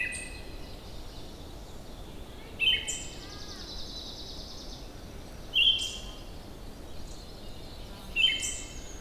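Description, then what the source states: Siberian thrush song: short whistled phrases with a thin high note, repeated about every three seconds. Recorded at Wuying, Heilongjiang, China.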